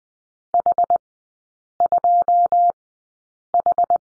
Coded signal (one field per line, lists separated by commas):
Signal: Morse code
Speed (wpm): 20 wpm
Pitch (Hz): 700 Hz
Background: none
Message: H 2 H